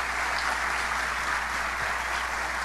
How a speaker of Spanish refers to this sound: Aplauso para Emmanuel Sabas, pianista y tenor.